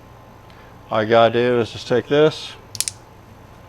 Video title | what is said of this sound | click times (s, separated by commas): Wiring twin cooling fans on the Ranger | you hear it click both sides click that is in it's done | 2.8 s, 2.9 s